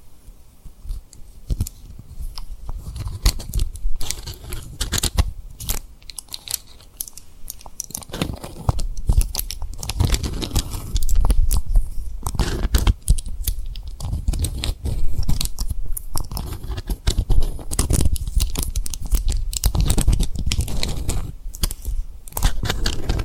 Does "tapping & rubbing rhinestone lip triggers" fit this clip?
yes